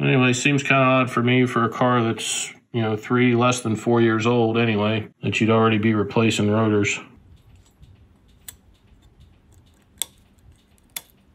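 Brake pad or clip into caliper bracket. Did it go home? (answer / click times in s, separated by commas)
yes / 10.0 s, 11.0 s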